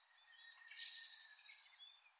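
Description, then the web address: Bird call: a single high, fast trill that drops in pitch, over a faint steady tone. "Deverinetal 2025 Bird Only"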